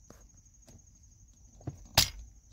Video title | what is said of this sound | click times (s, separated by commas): Beat the Heat and Stay Cool with Mitchell 2 in 1 Car Fan by JoyTutus Review! 🚘 | Hear that click. | 2.0 s